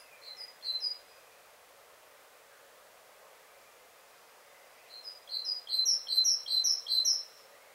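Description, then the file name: Great tit calls: a brief few high notes at the start, then a long pause, followed by a rapid run of repeated high chirps near the end. "Parus major"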